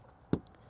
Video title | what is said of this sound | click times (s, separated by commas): Furrion Vision S Wireless RV Backup Camera Installation - 2022 Forest River Salem FSX Travel Trailer | and you do have to put a little bit of force you'll feel it click in and once it's clicked in it can hold itself up a little bit | 0.3 s